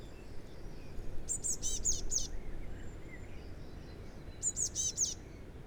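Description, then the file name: Eurasian blue tit call, two quick runs of high notes above a low rumble that partly masks the recording. "Cyanistes caeruleus"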